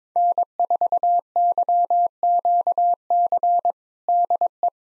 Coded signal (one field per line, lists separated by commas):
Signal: Morse code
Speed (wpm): 22 wpm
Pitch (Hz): 700 Hz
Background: none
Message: N4YQC DE